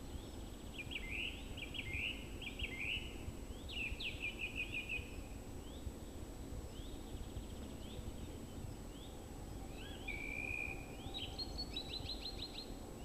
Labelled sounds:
Song Thrush (Turdus philomelos) song
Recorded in the wild
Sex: male
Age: adult
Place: Spittal an der Drau, Oberkärnten, Baden-Württemberg, DE
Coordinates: 48.5167, 9.01667
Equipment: Hornyphon, Phillips Mikrofon
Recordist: Brunner, Thomas
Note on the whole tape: Frühjahr 1966, auf dem Weg zur Kuck Alm aufgenommen

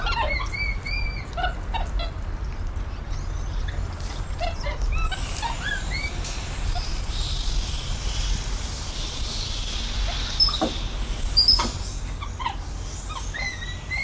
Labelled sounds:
Tufted Capuchin (Cebus apella) call
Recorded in captivity
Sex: group
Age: adult
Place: Zoo Osnabrück, Niedersachsen, DE
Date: 1991-09-09 12:20
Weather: overcast, 13°C
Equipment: Marantz CP 430, Kopie Tesla B 116
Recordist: Tembrock, Günter

